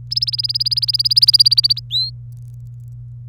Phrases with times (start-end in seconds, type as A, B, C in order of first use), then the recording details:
0.11-1.80 A, 1.90-2.11 B. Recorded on 26 April 2018 at 18:27. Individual llb3